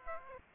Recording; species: mosquito wingbeat signal from an infrared sensor; Aedes aegypti